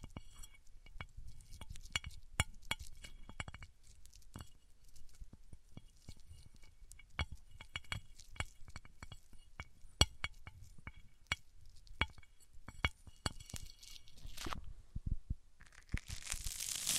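A microphone is rubbed and knocked against surfaces, producing a steady stream of sharp clicks and glassy clinks at irregular intervals over a low, muffled rumble. Near the end, the taps give way to a denser, bright scraping hiss that builds through the final seconds.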